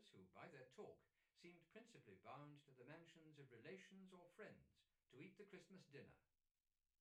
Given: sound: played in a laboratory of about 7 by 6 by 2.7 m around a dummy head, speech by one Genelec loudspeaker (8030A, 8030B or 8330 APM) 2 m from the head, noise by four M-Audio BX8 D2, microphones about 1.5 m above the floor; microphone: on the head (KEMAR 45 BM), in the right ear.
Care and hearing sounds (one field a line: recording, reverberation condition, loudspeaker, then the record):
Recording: male speech in English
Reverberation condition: low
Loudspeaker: 90 degrees to the left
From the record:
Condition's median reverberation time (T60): about 310 ms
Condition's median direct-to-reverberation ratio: about 3.5 dB